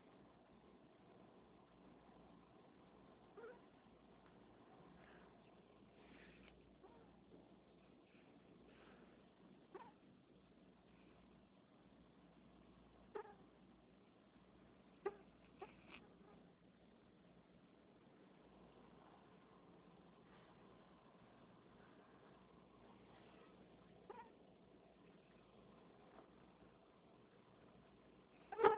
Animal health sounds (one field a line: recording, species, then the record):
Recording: mosquito flight sound by mobile phone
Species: Anopheles freeborni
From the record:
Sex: female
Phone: Nokia 6555B